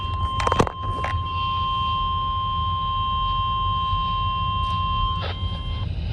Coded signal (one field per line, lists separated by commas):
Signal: Emergency Alert System (SAME) tones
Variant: 1050 Hz attention tone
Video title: St. Nikolaus Day EAS Tests (EAS Tests from 12/6/23) (EAS #1,246-1,256)